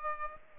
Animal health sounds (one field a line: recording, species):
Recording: mosquito wingbeat signal from an infrared sensor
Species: Aedes aegypti